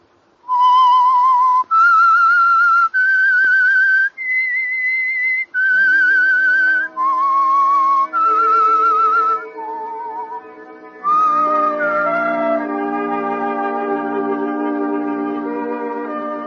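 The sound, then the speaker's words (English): The whistled theme tune of the radio program The Whistler, a clear, high melody of sustained notes stepping up and down, joined after a few bars by orchestral accompaniment swelling underneath. No talking. “And now back to the Whistler.”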